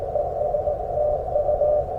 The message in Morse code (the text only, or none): ES TU